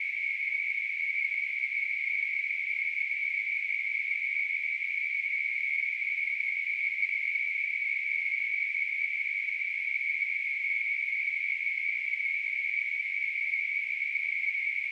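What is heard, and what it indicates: Simulated tinnitus: a steady, unbroken high-pitched hiss, a narrow band of noise centred near 2 kHz, holding at an even level throughout.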